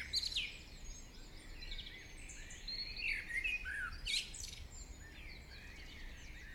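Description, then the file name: Birds in morning chorus, busy mix of high chips, trills and whistled notes, with loud bursts near the start and around three and four seconds. "Chants Oiseaux du Matin"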